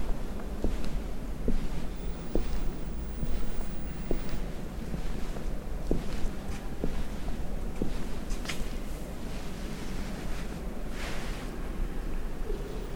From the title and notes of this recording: Cathedral Ambiance | York Minster. This binaural field recording captures the essence of the cathedral's serene atmosphere.